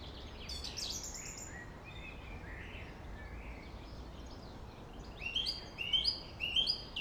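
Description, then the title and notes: Song thrush with soft varied notes at first, then a crisp high phrase repeated three or four times near the end, backed by low traffic rumble. Singing in Friedhof Columbiadamm (Neuer Garnisonsfriedhof) cemetery, Berlin, with distant city and traffic noise; recorded on a Sony PCM D50. "Friedhof Columbiadamm, Berlin - Song thrush. Friedhof Columbiadamm (Neuer Garnisonsfriedhof), Song thrush (Singdrossel) singing, distant city. traffic noise"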